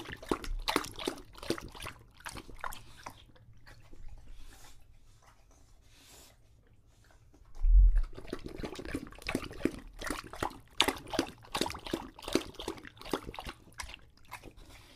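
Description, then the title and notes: English Bulldog drinking with quick wet laps, a quieter pause, a low thump, then lapping again. Male English Bulldog named Lucho drinking from a water bowl after a long walk, breathing heavily between drinks, out of breath from the walk and long drinking. "English Bulldog Drinks from Water Bowl. listen to Lucho the English Bulldog as he tries to drink water after a long walk. Don't let his heavy breathing fool you in between drinks, he's equally out of breath from the walk"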